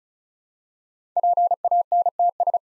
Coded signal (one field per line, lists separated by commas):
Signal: Morse code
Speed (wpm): 36 wpm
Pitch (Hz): 700 Hz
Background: none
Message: PANTS